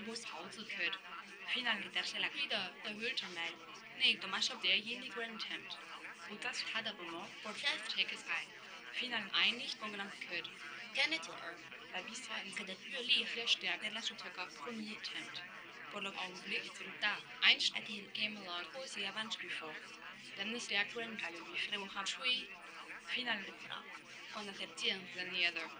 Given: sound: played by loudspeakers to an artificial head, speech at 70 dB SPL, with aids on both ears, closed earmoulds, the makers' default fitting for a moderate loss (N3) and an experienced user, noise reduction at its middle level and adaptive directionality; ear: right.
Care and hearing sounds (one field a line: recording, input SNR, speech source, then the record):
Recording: speech test signal (ISTS) in cocktail-party noise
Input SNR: 0 dB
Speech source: in front (0 degrees)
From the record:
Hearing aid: class 2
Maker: F